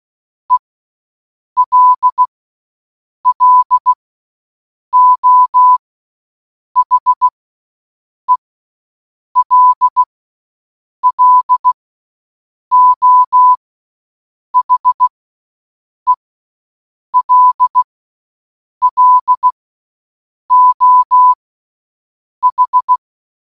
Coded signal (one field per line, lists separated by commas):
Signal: Morse code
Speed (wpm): 16 wpm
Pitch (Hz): 1000 Hz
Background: none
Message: ELLO HELLO HELLO H